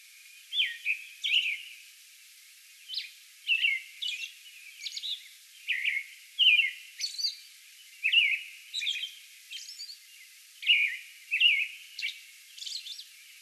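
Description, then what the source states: American robin song bout: clear, liquid, slurred phrases given in quick succession, alternating with high squeaky elements and short pauses. Song bout on May 11.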